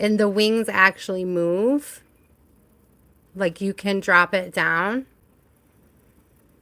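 A woman talks while handling a skull pendant made of moss agate with movable metal wings, dropping the wings down. Only her voice is heard, followed by near silence with two faint blips around 3.0 s and 5.6 s. The wings have not yet been lifted into place, and nothing has locked or clicked yet.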